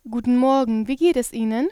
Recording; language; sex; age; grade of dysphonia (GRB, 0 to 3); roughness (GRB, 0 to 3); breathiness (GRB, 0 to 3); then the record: spoken sentence; German; female; 18 to 19 years; 0; 0; 0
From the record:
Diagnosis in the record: healthy voice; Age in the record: 19 years